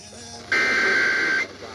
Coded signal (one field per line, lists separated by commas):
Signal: Emergency Alert System (SAME) tones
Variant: header bursts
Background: speech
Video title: [EAS #1838-#1844] Day 1 of Required Monthly Test Week